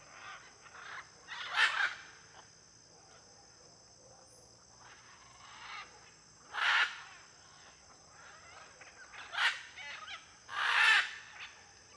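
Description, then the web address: Blue-and-yellow macaw harsh, raucous squawks in separated bursts over a steady high insect buzz of crickets. Flock of macaws in an area with many palms, with cricket noise. "Conjunto de Araras em Area de Muitas Palmeiras e ruidos de grilo. arara caninde"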